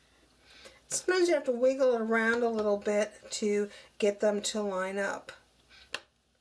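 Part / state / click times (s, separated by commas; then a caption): construction beam onto two connector pegs / seated / 5.9 s. Someone talks while a second plastic Lego Mindstorms construction beam is wiggled into line and pressed down with its first two holes onto two connector pegs. A short, sharp snap is heard at 5.9 s as the beam seats on the pegs.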